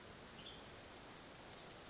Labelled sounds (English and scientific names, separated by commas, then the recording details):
Western Tanager (Piranga ludoviciana)
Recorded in Sonoma County, California